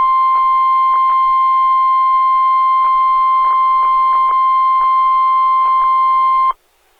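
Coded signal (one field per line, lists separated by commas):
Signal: Emergency Alert System (SAME) tones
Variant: 1050 Hz attention tone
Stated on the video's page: No SAME headers, only 1050 Hz attention tone; NOAA Weather Radio station relaying NWS Pendleton warning, recorded from an online live stream.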